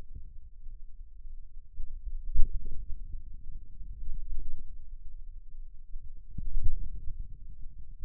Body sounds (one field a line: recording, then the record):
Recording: forearm muscle sounds (acoustic myography)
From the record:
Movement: ulnar deviation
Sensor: system 2, bracelet of six BSWA MPA416 microphones around the upper forearm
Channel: 2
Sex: male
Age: 22 years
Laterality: right